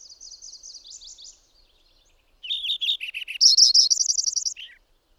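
Bird song: a soft, high, even trill, a short pause, then a loud phrase of stepping notes rushing into a bright trill and a falling finish.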